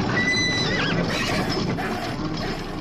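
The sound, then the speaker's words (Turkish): Carriage horses whinny in agitated, high-pitched cries while hooves clatter and stamp underneath and the carriage shakes, a loud, chaotic commotion with no talking. “Arabacı ecinli mi insan mı olduğu belirsiz mahlukun yüzüne karşı dua okumaya başlayınca atlar çıldırdı.”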